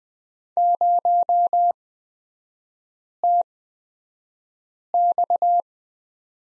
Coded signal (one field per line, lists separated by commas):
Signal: Morse code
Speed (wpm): 20 wpm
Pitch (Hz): 700 Hz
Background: none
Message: 0TX